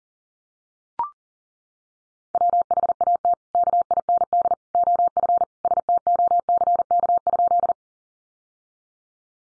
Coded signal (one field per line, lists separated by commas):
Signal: Morse code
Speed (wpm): 40 wpm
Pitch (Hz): 700 Hz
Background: none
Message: WHAT KIND OF STOCK?